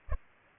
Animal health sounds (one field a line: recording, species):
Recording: mosquito wingbeat signal from an infrared sensor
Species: Culex pipiens